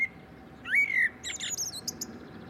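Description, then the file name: Common blackbird song, a rising fluty whistle followed by a thin, high twittered flourish. "Turdus merula"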